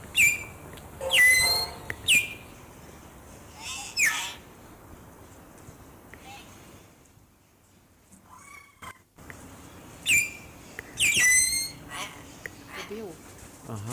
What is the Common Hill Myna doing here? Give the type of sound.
call